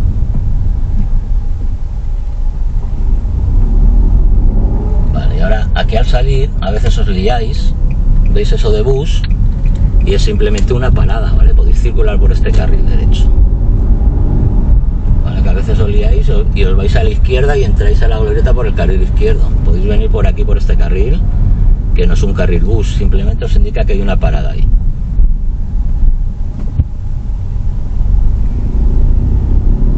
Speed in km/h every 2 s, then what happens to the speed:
9, 5, 12, 15, 18, 20, 26, 32, 30, 30, 29, 24, 16, 10, 12.
2-14 speeds up to 32. 14-20 steady at about 30. 20-26 slows to 10.